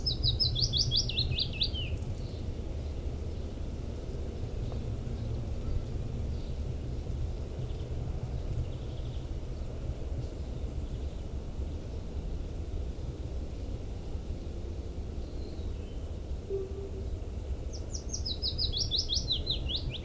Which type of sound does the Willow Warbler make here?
song